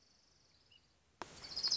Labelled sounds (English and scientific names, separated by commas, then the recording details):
Orange-crowned Warbler (Leiothlypis celata)
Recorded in Sonoma County, California